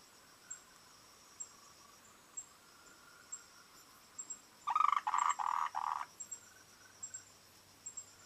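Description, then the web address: Frog: near silence with soft high ticks every second or so, broken by one loud burst of four quick rattling croaks lasting just over a second. "voice cam frogs"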